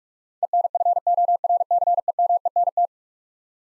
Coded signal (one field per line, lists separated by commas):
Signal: Morse code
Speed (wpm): 46 wpm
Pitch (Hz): 700 Hz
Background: none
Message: ENFORCEMENT